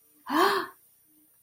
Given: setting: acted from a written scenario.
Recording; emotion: vocal sound without words; elation